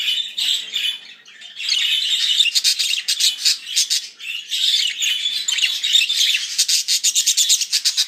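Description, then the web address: Budgerigar chattering warble, a dense run of scratchy chirps and clicks with rapid buzzy notes, nearly continuous throughout. Show-type budgerigar from a breeding nursery. "vystavocnyi volnistyi popugai cex pitomnik king parrotru. meliopsittacus undulates"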